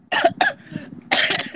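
Three brief, harsh cough bursts from an adult: two quick ones, then a longer one after a pause.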